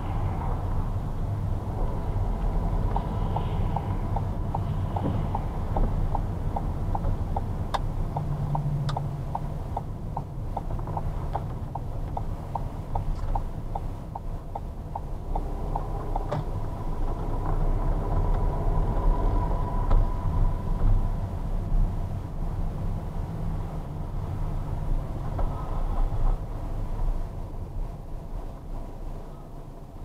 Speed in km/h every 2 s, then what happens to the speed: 20, 22, 20, 19, 14, 13, 10, 8, 14, 20, 19, 17, 14, 8, 5.
0-5 steady at about 20. 5-13 slows to 8. 13-18 speeds up to 20. 21-30 slows to 5.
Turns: 7-15.